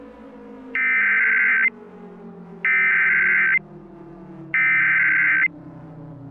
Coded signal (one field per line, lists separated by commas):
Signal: Emergency Alert System (SAME) tones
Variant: header bursts